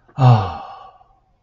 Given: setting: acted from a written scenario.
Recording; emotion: vocal sound without words; ecstasy